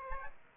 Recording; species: mosquito wingbeat signal from an infrared sensor; Aedes aegypti